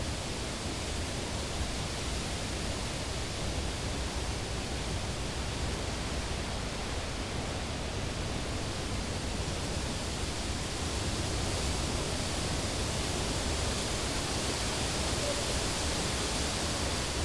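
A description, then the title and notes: Wind through the leaves of a tree farm makes a steady, dense rustling hiss that fills everything from low rumble to bright treble. The level barely changes over the whole stretch, with no distinct gusts, voices or other sounds standing out. Tree farm leaves.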